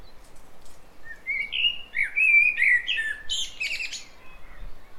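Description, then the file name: Common blackbird delivering a mellow warbled phrase that ends in higher squeaky twitters, with faint background hiss. "Turdus merula"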